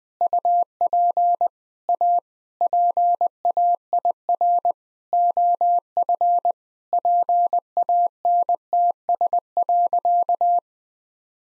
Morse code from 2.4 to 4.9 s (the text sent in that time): PAIR